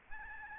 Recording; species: mosquito wingbeat signal from an infrared sensor; Aedes albopictus